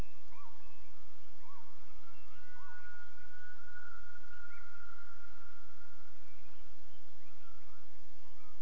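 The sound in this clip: Gibbon calls: a few short rising whoop notes and one long steady tone near the middle, over a constant background hiss.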